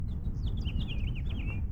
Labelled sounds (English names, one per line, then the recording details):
House Finch song
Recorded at Oceanside on Long Island, New York, on 17 June 1975
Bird C